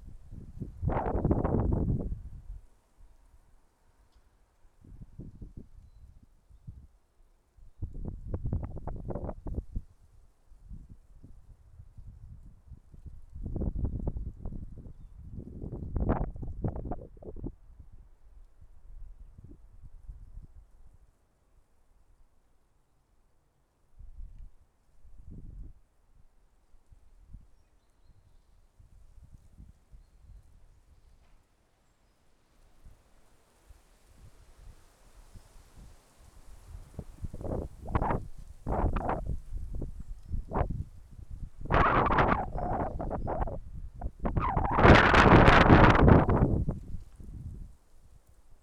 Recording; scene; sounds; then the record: everyday scene through a hearing-aid microphone; wind on the microphone; wind, traffic, birds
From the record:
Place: suburban garden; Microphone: behind the ear, left, rear